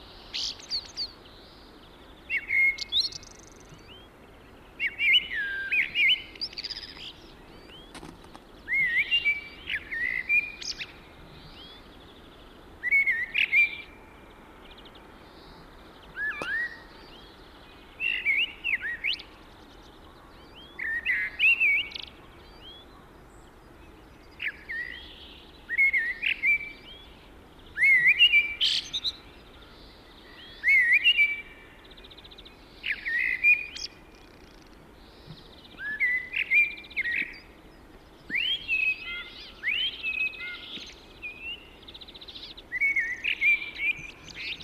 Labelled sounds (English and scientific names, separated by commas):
Common Blackbird (Turdus merula) song